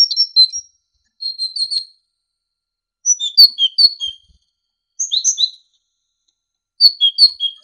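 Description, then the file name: Great tit song in short bursts of high, sharp chirping notes, several quick phrases separated by brief pauses. Training recording (masteran) for songbirds. "suara masteran great tit"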